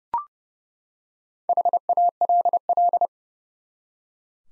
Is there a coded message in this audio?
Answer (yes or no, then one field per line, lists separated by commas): yes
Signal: Morse code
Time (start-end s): 1.5-3.1 s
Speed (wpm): 31 wpm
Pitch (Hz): 700 Hz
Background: none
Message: HALL